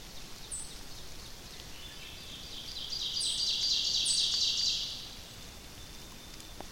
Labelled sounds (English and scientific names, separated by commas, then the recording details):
Ovenbird (Seiurus aurocapilla) song
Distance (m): 40 m
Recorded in boreal forest in Alberta, Canada, on 28 May 2016 at 07:05
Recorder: SongMeter 3, array SBT-3-49
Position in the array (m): 28 m, 180 m
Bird 15